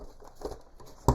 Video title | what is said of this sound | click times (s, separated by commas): After 15 Years, This Halloween Animatronic Returned: Tombstone Lifter | snap lock into place | 1.1 s